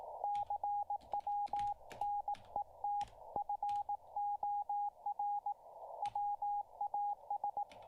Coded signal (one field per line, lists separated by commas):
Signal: Morse code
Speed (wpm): 18 wpm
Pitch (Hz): 820 Hz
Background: radio noise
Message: CWNET FOR WAS